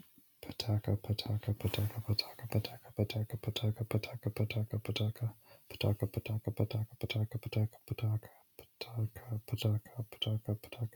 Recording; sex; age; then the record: repeated syllables /pa ta ka/; male; 20 to 29 years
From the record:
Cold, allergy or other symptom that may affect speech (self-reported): no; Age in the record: 26 years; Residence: California, United States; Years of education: 18